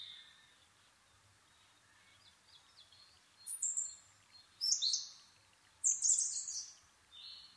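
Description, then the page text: Asian brown flycatcher delivering a few brief high-pitched scratchy phrases after a quiet start, each lasting under a second, against a soft hissy background. Nikko, Japan, 26 April 2011 at 4:39, altitude 730 m; Sony PCM-D50 recorder with Panasonic WM-61A microphone. "kosamebitaki 20110426-0439. Muscicapa dauurica [Sounds -Nikko Today-]. 4/ 26 2011, 4:39. alt=730m"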